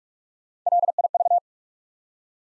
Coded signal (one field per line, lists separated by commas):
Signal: Morse code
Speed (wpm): 46 wpm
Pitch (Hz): 700 Hz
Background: none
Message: LIV